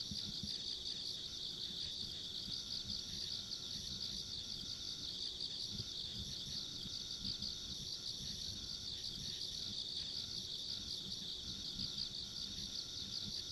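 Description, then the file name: Insects trill continuously at a high pitch, evenly pulsed, with a thin high tone and muffled low rumble beneath. Ambient insect sounds along a rural country road. "田舎道の虫の環境音"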